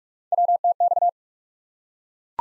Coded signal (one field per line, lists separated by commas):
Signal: Morse code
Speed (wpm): 42 wpm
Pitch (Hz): 700 Hz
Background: none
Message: WTX